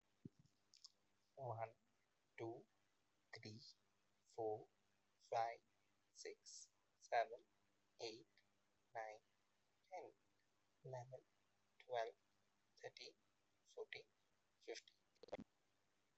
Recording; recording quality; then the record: counting at a normal pace; excellent, no background noise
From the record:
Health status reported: exposed to COVID-19, no respiratory illness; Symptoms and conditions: cough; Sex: male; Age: 38 years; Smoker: yes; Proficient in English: yes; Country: India